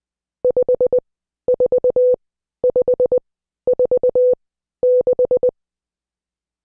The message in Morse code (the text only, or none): 54546